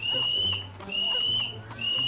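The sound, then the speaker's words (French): A young man gives three long, steady, high-pitched whistles in a row on seeing a charcoal burner enter a castle courtyard, separated by short pauses, over a faint low rumble in the background. “lorsqu'il le vit entrer dans la cour du château, il siffla 3 fois.”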